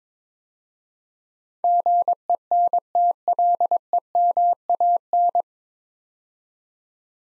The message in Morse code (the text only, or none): GENTLEMAN